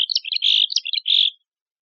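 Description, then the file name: Mexican chickadee call starting abruptly with clipped high notes, followed by two harsh buzzy dee phrases, then silence. "MECH Deviche"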